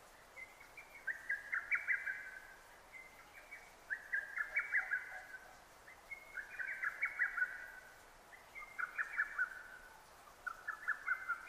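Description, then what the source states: Lesser cuckoo song: a series of hurried, stuttering phrases of several notes each, dipping in pitch, repeated about every two and a half seconds, light hiss behind. Recorded 6 June 2009.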